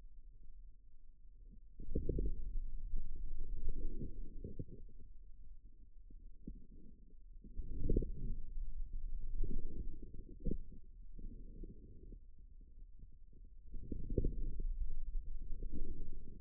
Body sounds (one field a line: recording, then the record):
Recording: forearm muscle sounds (acoustic myography)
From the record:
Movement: outward rotation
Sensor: system 2, bracelet of six BSWA MPA416 microphones around the upper forearm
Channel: 1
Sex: male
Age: 22 years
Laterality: right